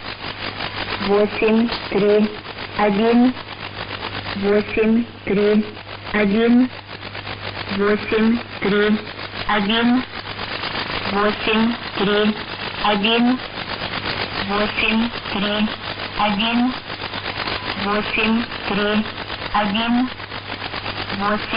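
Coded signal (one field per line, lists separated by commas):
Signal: numbers station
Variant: S06s Russian Lady, Russian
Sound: female voice reading short evenly spaced Russian words, likely numbers, over radio noise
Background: radio static, low hum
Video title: 02 10 2017 Numbers station S06s Russian Lady in Russian to Eu 1200 on 9145 unknown tx site in CUSB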